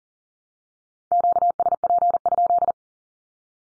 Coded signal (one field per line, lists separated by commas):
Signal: Morse code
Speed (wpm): 40 wpm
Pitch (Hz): 700 Hz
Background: none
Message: QSP?